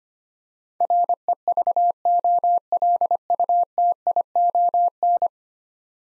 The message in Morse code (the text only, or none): REVOLUTION